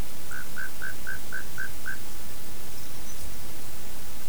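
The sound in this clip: Glossy flowerpiercer calls: a quick series of seven short, even mid-pitched notes over about two seconds, then a steady background hiss.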